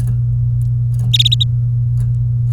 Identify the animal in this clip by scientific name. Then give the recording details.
Serinus canaria. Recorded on 23 April 2018 at 16:18. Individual llb3